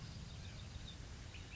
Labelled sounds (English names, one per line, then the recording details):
Ash-throated Flycatcher
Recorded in Sonoma County, California